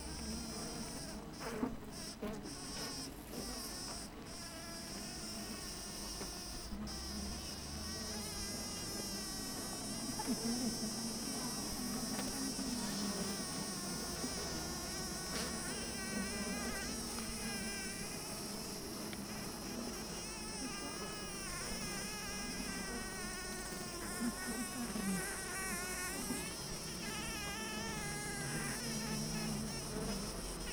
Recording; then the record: honeybee colony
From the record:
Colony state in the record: missing queen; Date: 14 July 2017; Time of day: 7:29